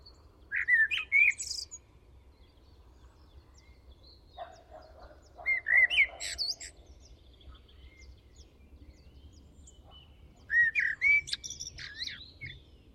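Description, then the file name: Eurasian blackbird singing three phrases roughly every five seconds, each a short mellow warble capped by a thin, shrill twitter; faint other birds in the gaps. "Turdus merula"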